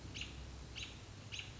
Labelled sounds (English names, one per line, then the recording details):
American Robin
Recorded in Sonoma County, California